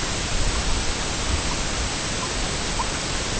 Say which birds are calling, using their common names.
none